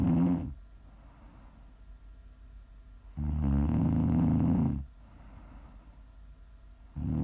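An adult's loud, low, rattling snores of about 1.6 seconds recur every 3–4 seconds during sleep, separated by quiet breathing pauses.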